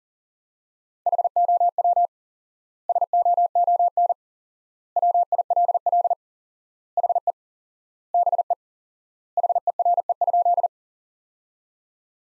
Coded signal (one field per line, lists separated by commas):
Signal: Morse code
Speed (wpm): 40 wpm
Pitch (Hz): 700 Hz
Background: none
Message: HOW SOON WILL HE BE HERE?